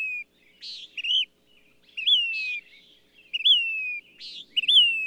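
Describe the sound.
Bird singing, alternating a grating buzz with a sweet whistle that rises then glides down, several phrases with short pauses between.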